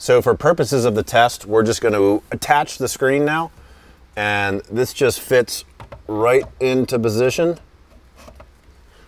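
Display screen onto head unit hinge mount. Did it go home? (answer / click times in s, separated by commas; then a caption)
yes / 8.4 s. Someone talks while fitting the touchscreen of an Alpine iLX-F509 head unit onto its hinge mount on the head unit body, for a test during installation in a 2010–2024 Toyota 4Runner. After the talking stops, a short, faint snap is heard at 8.4 s as the screen seats onto the mount.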